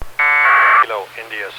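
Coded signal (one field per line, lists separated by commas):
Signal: packet radio (AX.25, as in APRS)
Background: speech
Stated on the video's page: On-the-air club meeting reporting poker run results.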